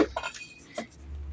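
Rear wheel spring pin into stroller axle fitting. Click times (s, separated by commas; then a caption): 0.0 s, 0.2 s. The rear wheel of a stroller, with its brake assembly, is pressed firmly upward onto the axle fitting while the spring pin is pushed in. Sharp clicks are heard at 0.0 s and 0.2 s, followed by a softer knock at 0.8 s. The spring pin has seated in its place.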